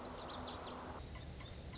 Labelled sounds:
Lazuli Bunting (Passerina amoena)
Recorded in Sonoma County, California

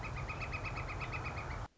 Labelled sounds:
Northern Flicker (Colaptes auratus)
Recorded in Sonoma County, California

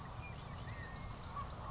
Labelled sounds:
California Quail (Callipepla californica)
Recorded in Sonoma County, California

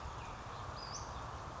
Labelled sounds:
Western Flycatcher (Empidonax difficilis)
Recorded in Sonoma County, California

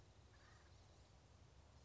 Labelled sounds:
Acorn Woodpecker (Melanerpes formicivorus)
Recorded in Sonoma County, California

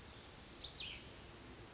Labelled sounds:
Cassin's Vireo (Vireo cassinii)
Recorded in Sonoma County, California

